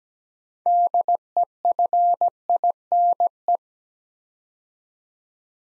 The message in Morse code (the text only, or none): DEFINE